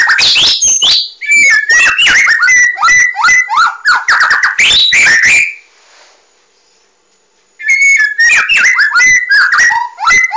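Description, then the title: Oriental magpie-robin singing a rich, fast run of varied whistles, rising and falling notes and sharp chirps, with a brief silent break midway before the song resumes. "Kicau Kacer"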